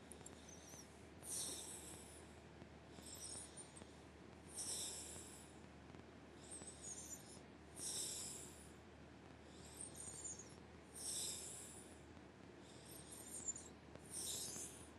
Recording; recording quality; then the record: deep breathing; excellent, no background noise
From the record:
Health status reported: healthy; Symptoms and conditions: none ticked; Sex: female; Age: 51 years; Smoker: not ticked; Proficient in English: yes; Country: India